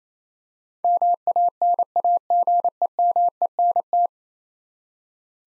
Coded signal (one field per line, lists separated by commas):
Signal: Morse code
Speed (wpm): 28 wpm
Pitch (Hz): 700 Hz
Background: none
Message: MANAGEMENT